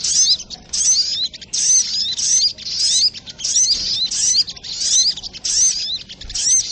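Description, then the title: Little spiderhunter song: rapid, shrill twittering phrases that run together, with falling squeaks scattered through them. Masteran (Indonesian songbird training recording), labelled with the variant name Labaik. "Masteran Burung Sogok Ontong Labaik"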